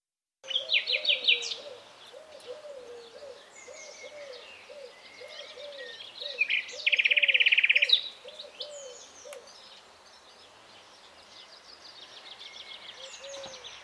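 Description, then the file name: Common nightingale singing varied phrases of quick high notes with a dense buzzy trill midway, over a steady series of lower slurred notes from another caller. "Luscinia megarhynchos"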